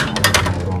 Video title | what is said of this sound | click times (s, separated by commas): Reach to Munnar 𝙀𝙥𝙞𝙨𝙤𝙙𝙚 - 07 | ஏய் இது அப்படியே லாக் ஆயிடுச்சு இப்படியா | 0.2 s, 0.4 s